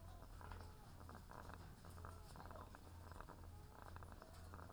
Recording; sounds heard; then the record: poultry house recording; sick chickens (respiratory disease)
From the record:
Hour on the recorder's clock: 18